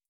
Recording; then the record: hydrophone in a shrimp aquaculture tank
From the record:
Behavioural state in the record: starved